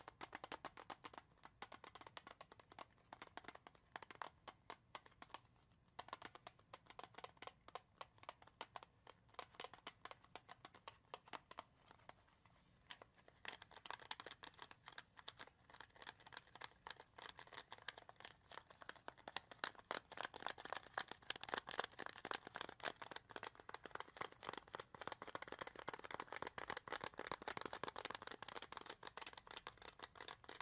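Dense, rapid tapping and scratching on wood, cork and cardboard, with no talking. Quick sharp clicks and papery crinkling scrapes follow one another almost without pause, thinning briefly around the middle, then growing busier and brighter toward the end.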